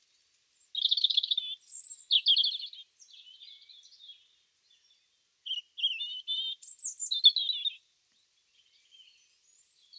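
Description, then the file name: European robin song: bursts of varied, tinkling phrases with sharp high squeaks, short warbles and falling notes, separated by pauses. "Erithacus rubecula"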